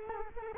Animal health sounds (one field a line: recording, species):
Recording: mosquito wingbeat signal from an infrared sensor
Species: Culex quinquefasciatus